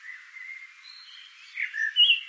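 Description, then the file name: Eurasian blackbird: faint, thin, drawn-out notes at first, then a short burst of louder, harsher notes near the end. "Turdus merula"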